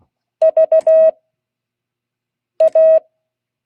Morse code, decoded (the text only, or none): VA